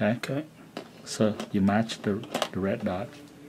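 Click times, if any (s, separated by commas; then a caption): none. An interchangeable lens is handled at a camera body mount, with its red dot being matched to the mount before it is twisted on. Someone talks throughout, with faint handling sounds underneath. The lens bayonet has not clicked home or seated yet.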